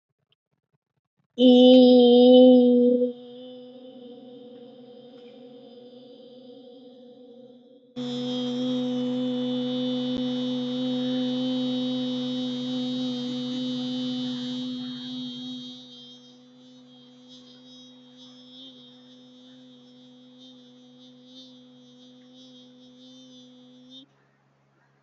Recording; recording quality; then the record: sustained vowel as in beet; excellent, no background noise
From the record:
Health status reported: healthy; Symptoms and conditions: none ticked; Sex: female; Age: 22 years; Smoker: not ticked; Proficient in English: yes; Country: India